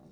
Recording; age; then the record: pig call; piglet (1 to 25 days)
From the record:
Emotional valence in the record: negative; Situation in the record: short isolation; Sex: male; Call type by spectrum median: low-frequency call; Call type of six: low-frequency stable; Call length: 0.12 s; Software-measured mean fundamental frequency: 50 Hz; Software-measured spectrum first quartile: 179 Hz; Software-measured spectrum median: 296 Hz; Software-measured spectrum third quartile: 639 Hz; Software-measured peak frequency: 193 Hz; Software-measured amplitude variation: 83 dB a second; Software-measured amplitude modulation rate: 17.0 a second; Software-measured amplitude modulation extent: 4.8 dB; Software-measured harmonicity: -0.4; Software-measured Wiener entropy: 0.32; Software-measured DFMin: 1450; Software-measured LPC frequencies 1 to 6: 2639, 3774, 4542, 5498, 6503, 7487 Hz